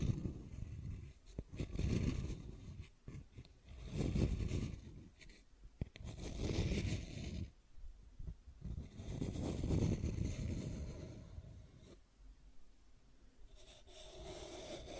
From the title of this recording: Scratching and Tracing Sounds